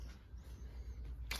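A Barrina LED shop light fixture is pushed up into a plastic mounting clip on the ceiling rafters. After a quiet stretch with a low background hum, a single sharp snap sounds at 1.3 seconds as the light seats in the clip.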